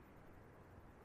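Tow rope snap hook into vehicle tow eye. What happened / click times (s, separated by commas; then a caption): Handled, not yet home: tow hook being brought to the eye, no seating click / none. A tow rope's snap hook is being handled at a van's tow eye. Only steady, broadband low rumble and hiss are heard, with no distinct hit. Nothing has seated or clicked yet.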